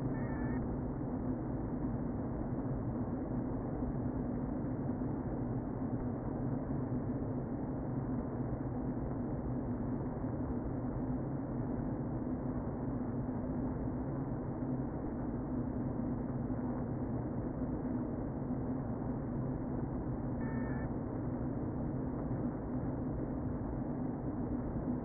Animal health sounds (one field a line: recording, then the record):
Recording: honeybee colony, microphone inside the hive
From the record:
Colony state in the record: queen present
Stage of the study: before two queens were removed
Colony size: about 60,000 bees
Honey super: yes